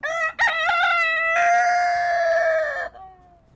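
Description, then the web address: Silkie chicken crow: a short opening note, then a long, strained crow, its final note held for about a second and a half before dropping off. Silkie breed chicken crowing. "Sound Effects-Foundation 1 BIRD CHICKEN SILKIE CROW"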